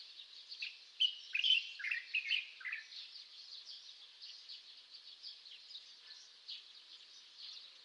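Barn swallow twittering, a run of bright chirps and short warbled notes, then a steadier, softer chatter.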